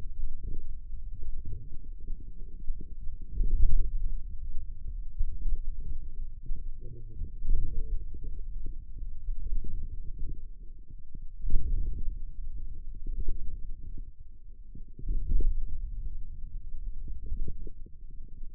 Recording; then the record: forearm muscle sounds (acoustic myography)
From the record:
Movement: ulnar deviation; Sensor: system 2, bracelet of six BSWA MPA416 microphones around the upper forearm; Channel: 6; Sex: male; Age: 22 years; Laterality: right